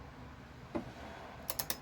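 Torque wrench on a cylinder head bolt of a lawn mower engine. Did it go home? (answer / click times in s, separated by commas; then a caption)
yes / 1.7 s. A click-type torque wrench set to 12 foot-pounds tightens a steel cylinder head bolt on the small engine of a Craftsman Platinum 7.25 lawn mower that won't start because of a dirty cylinder head. A soft knock at about 0.8 s is followed by three sharp, closely spaced clicks at 1.5, 1.6 and 1.7 s. The wrench clicks at its setting at 1.7 s, confirming the bolt has reached torque.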